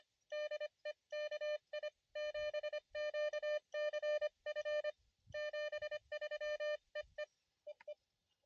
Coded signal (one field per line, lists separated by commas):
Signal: Morse code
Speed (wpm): 25 wpm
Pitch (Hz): 600 Hz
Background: none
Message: DE KI7QCF 73 EE EE